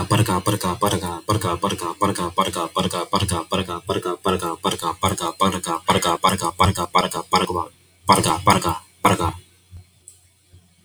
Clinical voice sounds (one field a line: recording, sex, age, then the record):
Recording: repeated syllables /pa ta ka/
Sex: male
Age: 20 to 29 years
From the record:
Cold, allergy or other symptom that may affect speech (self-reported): no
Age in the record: 26 years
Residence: Philippines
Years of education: 16